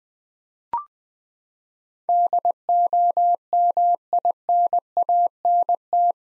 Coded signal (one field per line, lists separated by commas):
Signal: Morse code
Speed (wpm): 20 wpm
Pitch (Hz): 700 Hz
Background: none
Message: DOMINANT